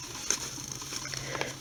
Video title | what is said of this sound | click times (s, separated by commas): belt/ credit card/ multi tool knife | i'm real pleased with my purchase see then it just snaps | 0.3 s